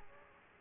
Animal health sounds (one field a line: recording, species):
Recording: mosquito wingbeat signal from an infrared sensor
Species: Aedes aegypti